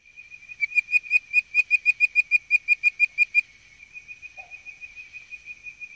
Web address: Frog Calls Hyla avivoca - Bird Voiced Treefrog